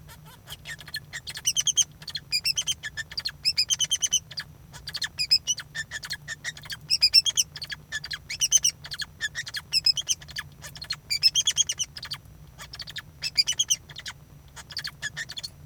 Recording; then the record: song of a male Bengalese finch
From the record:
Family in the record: son of father 2